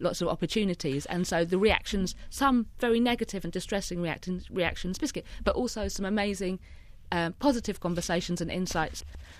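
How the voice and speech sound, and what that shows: A woman speaks fluently at an ordinary pace, then abruptly drops the unrelated word "biscuit" into the middle of her sentence before carrying on. This is a simple vocal tic of Tourette syndrome, an involuntary word that interrupts otherwise normal speech.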